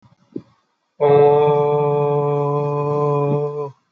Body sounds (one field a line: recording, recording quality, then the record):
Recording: sustained vowel as in boot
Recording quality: excellent, no background noise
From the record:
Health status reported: healthy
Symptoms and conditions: none ticked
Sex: male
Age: 18 years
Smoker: not ticked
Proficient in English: yes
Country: India